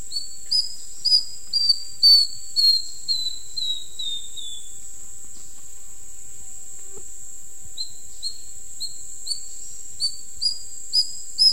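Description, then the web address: Cinnamon Neopipo song: a run of high, thin whistled notes slowly falling in pitch over about four seconds, then a second shorter series, over a steady high insect drone. Recorded in the eastern lowlands of South America. "Natures Songs S America Eastern Lowlands. Cinnamon Neopipo"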